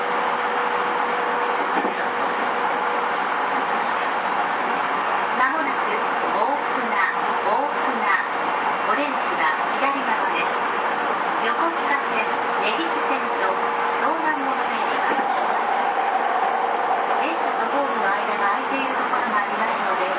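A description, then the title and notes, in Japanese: Ride on a JR E231 series train, with a steady, dense rumble and hiss that holds an even level for the whole stretch. A constant mid-pitched hum runs underneath, while murmuring voices of passengers come and go throughout. JRE231系 伊東〜横浜。区間は伊東線→東海道線です。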